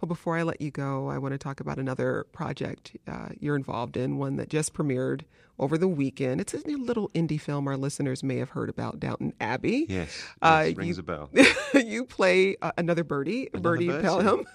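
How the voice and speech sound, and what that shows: Two adult men talk in a fluent, clear radio interview exchange about a film; ordinary speech.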